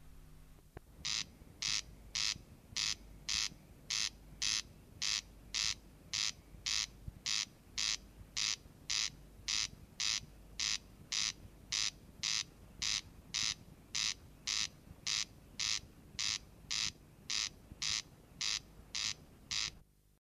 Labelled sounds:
Corn Crake (Crex crex) call
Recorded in the wild
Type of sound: call
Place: Grasdorf, Niedersachsen, DE
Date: 1971-05-31
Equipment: Halbspur, 9,5 cm/s
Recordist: Lütgens, Hans
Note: Reihe. Grasdorf (Laatzen), Wasserwerke

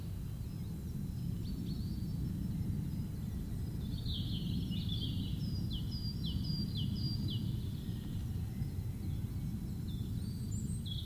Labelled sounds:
Common Chiffchaff (Phylloscopus collybita) call
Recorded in the wild
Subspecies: collybita
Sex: female
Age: adult
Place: St. Johann bei Reutlingen, Schwäbische Alb, Baden-Württemberg, DE
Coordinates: 48.45, 9.35
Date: 1969-05-14
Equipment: Nagra III PH, MD 211, LGS26
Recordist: Schneider, Hans-Joachim

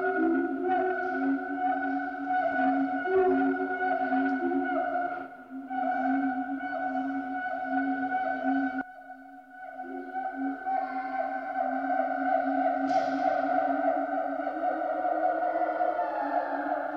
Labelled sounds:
Siamang (Symphalangus syndactylus)
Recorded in captivity
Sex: pair
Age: adult
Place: Zoo Berlin, Berlin, DE
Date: 1988-11-05
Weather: sonnig, -3 bis +3°C
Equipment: Sony WM-D6C, Kopie 19 cm
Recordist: Tembrock, Günter

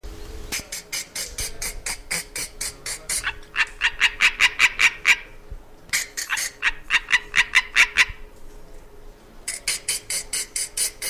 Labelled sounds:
Common Tree Frog (Hyla arborea) call
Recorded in the wild
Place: Kloster Kera, Insel Kreta, GR
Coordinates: 35.2242, 25.4619
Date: 1996-09-29 17:15
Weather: 18°C, rain
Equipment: Sony MD-WM MZ-R3, Sennheiser MKH 416 T, Kopie Uher 4000 Report Monitor
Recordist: Tembrock, Günter

